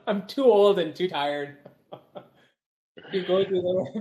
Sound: mutual chuckle